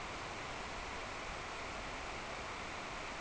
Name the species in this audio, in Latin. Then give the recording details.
none. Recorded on Arctic tundra, site NAIT-1, on 26 June 2018. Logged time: 09:00